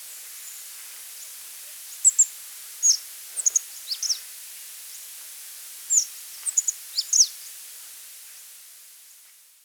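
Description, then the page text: Rock bunting giving high, thin, tinkling notes in short bursts, clusters between two and four seconds and between six and seven and a half seconds, separated by quiet gaps with light hiss. "Rock Bunting Song, Pak. Quick Sounds"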